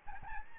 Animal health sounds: mosquito wingbeat signal from an infrared sensor; Aedes albopictus

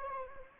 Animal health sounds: mosquito wingbeat signal from an infrared sensor; Anopheles arabiensis

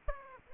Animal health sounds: mosquito wingbeat signal from an infrared sensor; Aedes aegypti

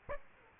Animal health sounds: mosquito wingbeat signal from an infrared sensor; Aedes aegypti

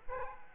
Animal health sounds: mosquito wingbeat signal from an infrared sensor; Aedes aegypti

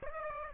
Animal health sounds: mosquito wingbeat signal from an infrared sensor; Aedes aegypti

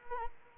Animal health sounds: mosquito wingbeat signal from an infrared sensor; Anopheles arabiensis

